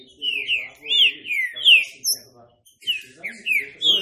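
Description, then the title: Green-winged saltator song: loud, slurred whistled phrases dropping in pitch, delivered in quick bursts with a short pause midway, higher notes above. Classic song style, training recording. "Canto Clássico Trinca Ferro TREINAMENTO"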